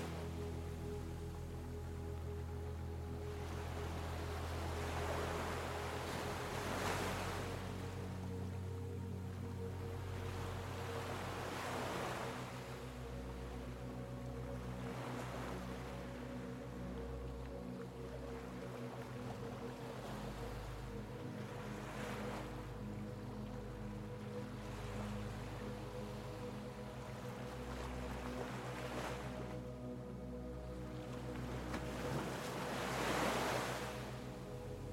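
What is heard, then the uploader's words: Ocean waves wash in roughly every five seconds over a soft, sustained melody of held low and middle tones that never fades. Soothing Ocean WAVES and Relaxing MELODIES. Relaxing melodies, carefully composed to accompany the gentle rhythms of the ocean. The soothing sound of ocean waves.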